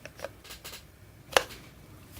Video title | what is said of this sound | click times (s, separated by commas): Desktop Review: Morakniv Companion - 4.1 inch, carbon steel blade | you hear how that clicks in there | 1.4 s